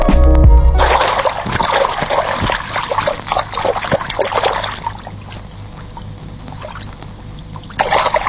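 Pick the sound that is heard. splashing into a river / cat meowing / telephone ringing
splashing into a river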